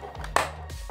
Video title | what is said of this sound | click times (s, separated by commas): Fans Hobby God Armour Review - 3P MP Godbomber - The Nerd Crate Too | when it's far enough it clicks into place | 0.4 s